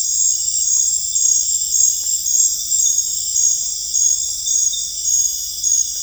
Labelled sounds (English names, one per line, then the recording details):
none
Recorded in dense forest near Puerto Asís, Putumayo, Colombia, on 26 December 2024 at 20:00
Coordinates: 0.484, -76.325
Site G056